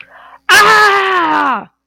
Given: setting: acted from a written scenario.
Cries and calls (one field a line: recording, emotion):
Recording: vocal sound without words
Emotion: pain